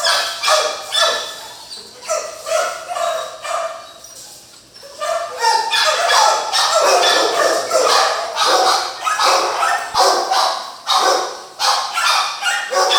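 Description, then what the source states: Dog barking, choppy repeated barks early on, then a long continuous stretch of overlapping yaps, and separate barks again near the end. Barking inside a dog kennel.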